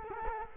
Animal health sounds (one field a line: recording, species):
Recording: mosquito wingbeat signal from an infrared sensor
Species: Culex quinquefasciatus